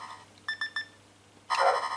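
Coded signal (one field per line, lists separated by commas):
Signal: none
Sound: game's menu beeps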